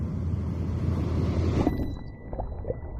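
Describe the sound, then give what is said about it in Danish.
A broad, roaring rush of tsunami water surging back toward the beach, with heavy wind buffeting, which abruptly loses its hiss partway through and leaves a duller churning rumble with a few faint knocks. No voices. “man ligesom se, at vandet kommer tilbage, eller i hvert fald en større mængde vand kommer ligesom ind imod stranden.”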